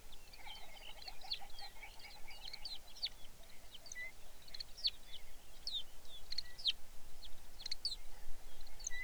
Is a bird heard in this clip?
yes